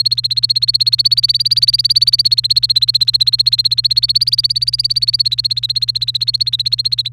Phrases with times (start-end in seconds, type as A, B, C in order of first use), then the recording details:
0.00-7.08 A. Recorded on 30 April 2018 at 07:29. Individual llb3